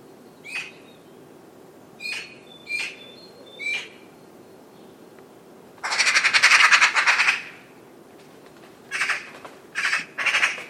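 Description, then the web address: Bird calls: short harsh notes with bright overtones, four spaced calls, then a long loud scratchy burst, followed by three more harsh calls near the end. "cianscape birddata Deverinetal 2025"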